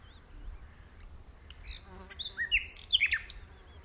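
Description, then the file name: Common nightingale song: a tangle of quick whistled slurs and sharp notes over about two seconds. "Luscinia megarhynchos"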